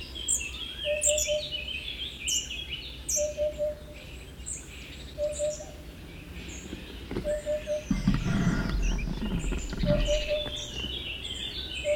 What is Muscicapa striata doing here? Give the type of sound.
song